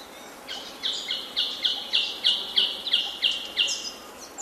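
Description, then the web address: Insect chirping: a steady series of short, bright pulses, about three per second, with a faint hiss behind them. "насекомые"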